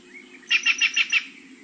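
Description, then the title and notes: Green jay calling a rapid run of five harsh, buzzy notes in under a second over a low background hum. Weslaco, southern Texas, United States, at a state park; a tropical bird found mainly in Mexico and South America that just reaches the United States in southern Texas. "Laura Meyers Photograpy Green Jay"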